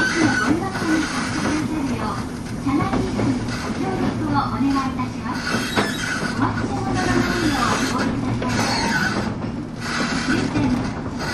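A Bantan Line train runs with a steady low rumble and drone, while faint voices and small clicks come and go throughout.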